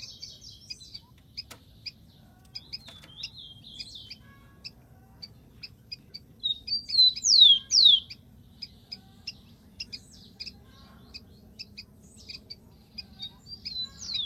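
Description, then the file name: Rufous-collared sparrow: spaced sharp chip notes throughout, with one brief song of two loud downslurred whistles about midway. "canto do tico tico"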